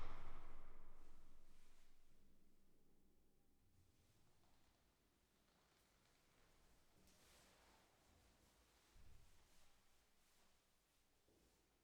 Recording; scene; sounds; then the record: everyday scene through a hearing-aid microphone; reverberant space; background noise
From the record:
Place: staircase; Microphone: behind the ear, right, front